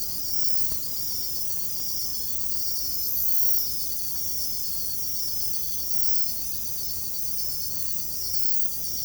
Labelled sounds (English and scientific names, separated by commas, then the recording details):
none
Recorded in secondary vegetation near Puerto Asís, Putumayo, Colombia, on 22 December 2024 at 01:30
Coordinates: 0.468, -76.324
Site G095